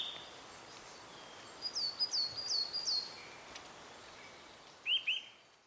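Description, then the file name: Eurasian nuthatch calls: a series of thin, downslurred piping notes, then after a pause a pair of lower notes, against a hissing background. "Sitta europaea"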